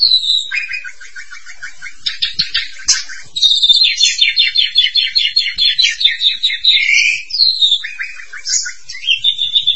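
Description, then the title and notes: Starling producing a varied medley of buzzy trills, stuttering chatters and bright whistled slurs, shifting pitch often. "suara burung jalak"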